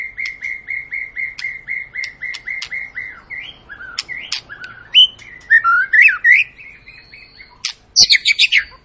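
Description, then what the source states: White-rumped shama song opening with a steady run of identical short notes, roughly three per second, then shifting into varied whistles and harsh bursts. Long, lively (gacor) lure song to make birds sing.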